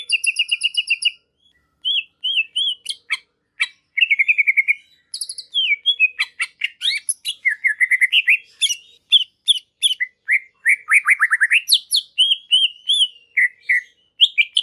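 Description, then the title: Greater green leafbird singing a busy, varied song of high buzzy trills, sliding whistles and sharp chips, with brief pauses, no other sounds. Masteran (tutor song for training other birds) and pancingan (provoking song) of a gacor (vigorously singing) bird. "Masteran & Pancingan Cucak Ijo Gacor"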